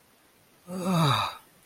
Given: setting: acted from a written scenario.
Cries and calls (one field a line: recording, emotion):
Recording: vocal sound without words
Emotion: relief